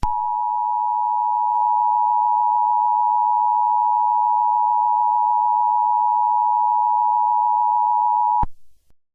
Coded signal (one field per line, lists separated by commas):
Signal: Emergency Alert System (SAME) tones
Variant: 853 and 960 Hz attention tone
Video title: EAS Scenario: Transfur Infection (Based on Changed) (PART 1)